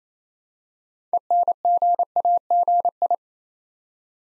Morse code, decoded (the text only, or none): ENGAGI